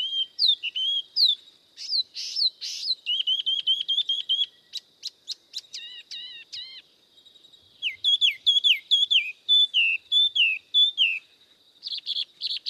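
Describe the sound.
Spot-throated babbler song: clear whistled notes, some rising and some falling, given in quick repeated series with short pauses between phrases.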